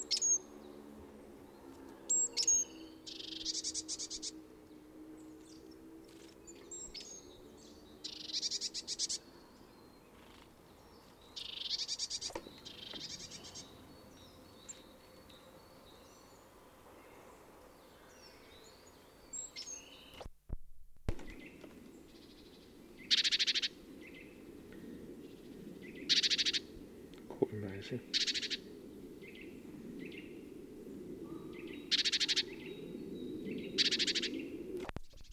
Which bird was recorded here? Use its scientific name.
Parus major